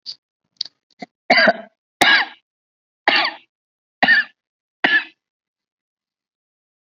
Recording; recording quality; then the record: heavy voluntary cough; excellent, no background noise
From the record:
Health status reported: COVID-19 positive, mild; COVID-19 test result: positive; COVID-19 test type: RT-PCR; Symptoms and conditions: cold, sore throat, fever, fatigue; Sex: female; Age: 51 years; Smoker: no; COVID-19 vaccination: both doses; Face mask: not worn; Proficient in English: yes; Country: India